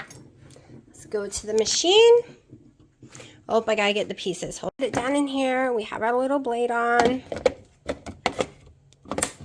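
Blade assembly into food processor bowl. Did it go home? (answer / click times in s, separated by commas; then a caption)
yes / 9.2 s. Someone talks while holding a blade and its pieces down inside a food processor bowl, then pushes the blade on until it locks. A few short clicks and taps are heard near the end, and the blade locks into place with a sharp click at 9.2 s.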